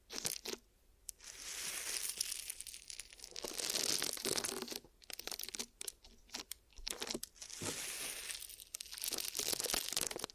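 Ear massage and cleaning with glue, heard as bursts of dense crackling, crinkling and peeling sounds. Bright rustling swells and fades in waves lasting a second or two, broken by brief quiet gaps and a few sharp snaps throughout.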